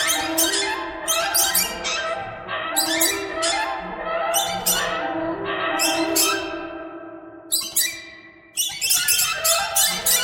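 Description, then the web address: Bird calls nonstop, sharp grating squawks and tonal chirps crowding together, with a short lull late on. "soundfactory birds birds"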